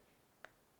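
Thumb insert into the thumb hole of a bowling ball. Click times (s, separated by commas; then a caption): 0.5 s. A plastic interchangeable thumb insert is pushed into the thumb hole of a bowling ball and given a quick twist to lock it. A single short, sharp click sounds at 0.5 s over a quiet background, and the insert is seated and locked in.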